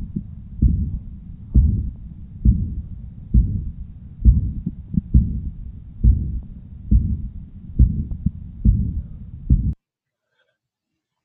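Adult heart heard by stethoscope at about 67 beats per minute in a 59-year-old man with subacute shortness of breath: a non-characteristic first heart sound, a soft second heart sound, and a soft, blowing holosystolic murmur loudest near the apex and radiating to the axilla. A classic textbook example of mitral regurgitation.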